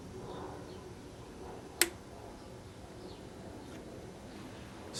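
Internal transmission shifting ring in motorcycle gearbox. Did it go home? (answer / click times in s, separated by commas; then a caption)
yes / 1.8 s. A 2002-onward GasGas TXTPro trials motorcycle has its shift-spring eccentric turned with a 10 mm wrench while the shift lever comes up slowly, adjusting the internal transmission shifting ring in the gearbox. A single sharp click at 1.8 s marks the shifting ring seating into its detent position for the next gear, then only low background noise continues.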